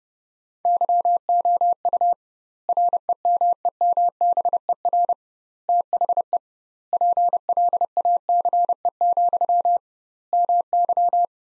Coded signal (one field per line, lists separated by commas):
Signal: Morse code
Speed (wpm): 30 wpm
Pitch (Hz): 700 Hz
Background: none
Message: YOU REMEMBER THE PLACE, MY